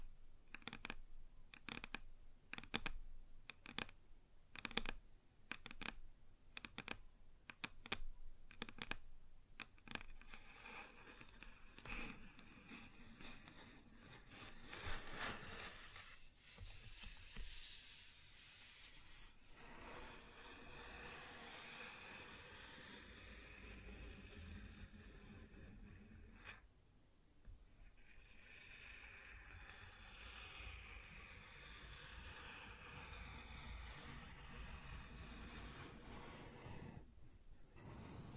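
Wood being tapped and scratched: for the first ten seconds, sharp regular taps land about twice a second, then give way to continuous bright scraping and rubbing. The scratching swells and fades in long strokes, with a brief pause near 27 seconds before resuming.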